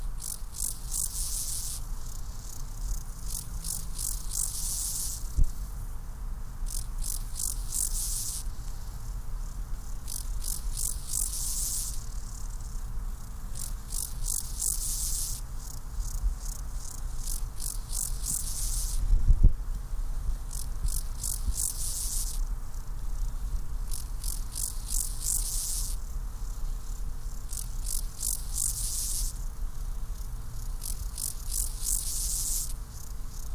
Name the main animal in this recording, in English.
Steppe Grasshopper